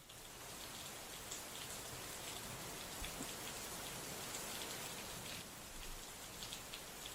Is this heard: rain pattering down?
yes